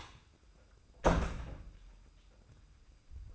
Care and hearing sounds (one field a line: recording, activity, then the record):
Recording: daily activity, microphone in the room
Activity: close door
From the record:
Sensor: 2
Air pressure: 990.3 hPa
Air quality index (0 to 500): 183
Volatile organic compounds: 1000 ppm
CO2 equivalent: 5826 ppm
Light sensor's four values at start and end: 34/80/33/33 and 34/80/33/33